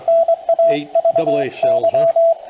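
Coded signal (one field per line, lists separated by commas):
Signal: Morse code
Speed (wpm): 22 wpm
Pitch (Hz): 670 Hz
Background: speech, radio noise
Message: NAVY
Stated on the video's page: Morse from a 40 meter QCX kit transceiver on AA batteries into an end-fed half-wave wire in half-square geometry.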